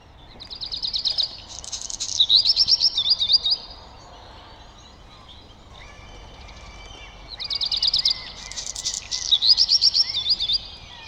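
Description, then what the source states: Redstart song, two phrases about seven seconds apart, each of high whistled notes, buzzy bursts and a looping trilled passage. Song basically that of a Black Redstart but including mimicry of Wood Sandpiper; bird shows much white on belly; possibly a hybrid.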